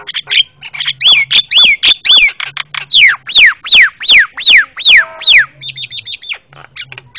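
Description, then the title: Javan myna giving loud, harsh chattering calls mixed with whistled notes that sweep sharply downward, delivered in rapid runs of about two or three per second, then a brief buzzy trill. Very noisy calls used as master material for training cage birds. "Jalak Kebo Master Suara Super Berisik Buat Masteran"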